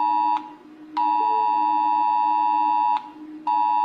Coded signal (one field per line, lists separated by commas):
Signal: Emergency Alert System (SAME) tones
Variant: 853 and 960 Hz attention tone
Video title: Rating EAS alerts/alarms (A-Z) #1